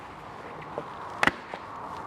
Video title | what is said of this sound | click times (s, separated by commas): 2026 Piaggio Liberty Color Matched Topcase Install | Make sure it snaps in place in all 4 spots. | 0.8 s, 1.3 s